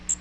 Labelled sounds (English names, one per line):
Magnolia Warbler flight call